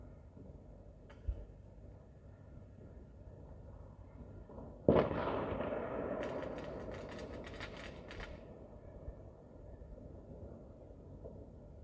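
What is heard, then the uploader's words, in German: Fireworks on New Year's Eve, heard over a constant low outdoor rumble. A faint pop comes early, then a sharp bang near the five-second mark is followed by a hissing tail and a dense stretch of crackling bursts that fades out after about eight seconds. Silvesternacht: Feuerwerk und Freude. Erlebe die letzten Minuten bis Mitternacht und die erste Stunde des neuen Jahres!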